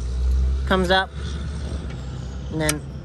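Someone talks while handling the steel locking pin in the tray mount of a RockyMounts BackStage hitch-mounted bike rack, raising the pin over a steady low rumble; the pin has worked loose over time from vibration, backing out and dropping by itself. Nothing has seated or clicked yet.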